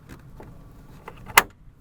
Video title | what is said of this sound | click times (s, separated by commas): INSTALL - Paragon Performance Carbon Fiber Hood Struts - C8 Corvette | and that's it once you hear it click it is in there and good to go | 1.4 s